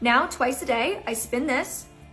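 Someone talks while the rotating dose dial on the top of a plastic metered prescription cream dispensing bottle is about to be twisted, where a single audible click marks one measured dose. Nothing has clicked or seated yet.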